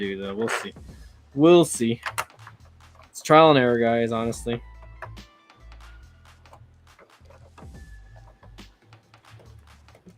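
Someone talks while working a plastic side piece of a Nintendo GameCube back into its housing during reassembly, with light plastic taps and handling noises under the speech. Nothing has seated or clicked into place yet.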